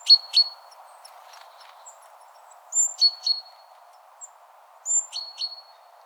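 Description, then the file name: Great tit calls in three bursts of two sharp chirps, the last two bursts each opened by a high whistle, over a low background hum. "Parus major"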